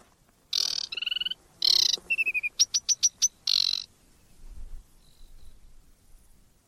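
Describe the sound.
Bird giving raspy buzzy calls alternating with short pulsed notes, then a quick run of sharp notes and one more buzz.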